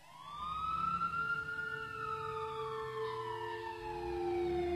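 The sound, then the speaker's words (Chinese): A police siren wails in long, slowly falling sweeps, loud and steady throughout, over a low rumbling engine drone with no voices. “警笛声，杂乱的脚步声，老于办公室的门几乎是被撞开的。”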